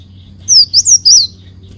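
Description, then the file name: Leafbird chirps: four quick, high, slurred whistled notes in a short burst, with a faint low hum behind. "Tieng chim xanh tim"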